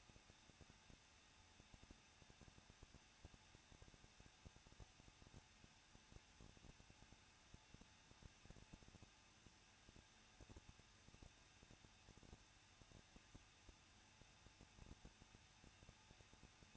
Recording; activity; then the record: daily activity, microphone in the room; no activity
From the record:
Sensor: 2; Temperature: 21.0 degrees Celsius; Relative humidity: 37.6%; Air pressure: 1006.2 hPa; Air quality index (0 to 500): 224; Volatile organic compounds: 25 ppm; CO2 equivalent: 2843 ppm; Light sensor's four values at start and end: 2/3/2/2 and 2/3/2/2